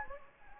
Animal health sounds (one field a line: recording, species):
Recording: mosquito wingbeat signal from an infrared sensor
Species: Anopheles gambiae